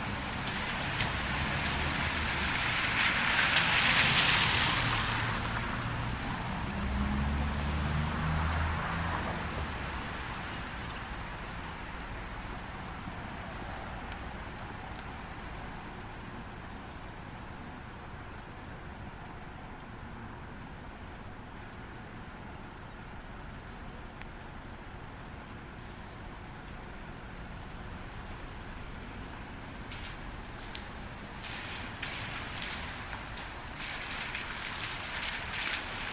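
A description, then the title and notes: A car passes on a wet street, its tires hissing loudly through water around the fourth second, with a low engine rumble fading by ten seconds. A steady, quieter wash of street noise follows, broken by brief sharp chirps near the end. Passing By A Nest Of Birds In A Tree On A Wet Street. Birds sing, perched at a moderate distance inside a pine tree while cars pass by, their wheels heavily plowing into puddles of melting snow. I place my recorder near the bottom of the tree on top of the cement block.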